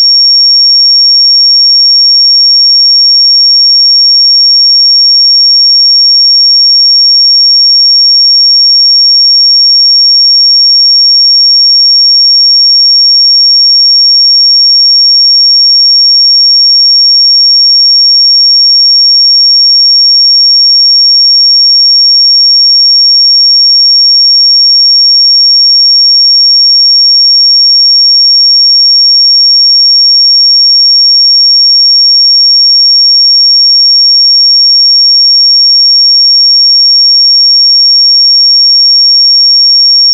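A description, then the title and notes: A pure sine tone at 5531 Hz holds perfectly steady for the full forty seconds. The pitch is high and thin, the loudness never changes, and there are no other sounds, breaks or background noise. 5531 Hz 1 Hz Interval Sine Pure Tone Frequency 441000 Sample Mono.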